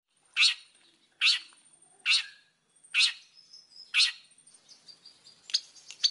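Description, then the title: Oriental magpie-robin harsh calls: rasping notes repeated roughly every second, followed by thin, high whistled notes near the end. Lively (gacor) Oriental magpie-robin sounds used as a lure to prompt other magpie-robins to answer. "Pancingan Suara Siulan Kacer Gacor Mantap Untuk Memancing Kacer Lain Agar Mau Nyaut Bunyi"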